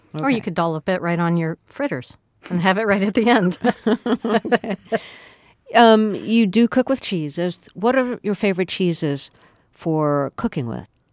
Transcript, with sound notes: Or you could dollop it right on your fritters and have it right at the end.
(LAUGHTER)
You do cook with cheeses. What are your favorite cheeses for cooking with?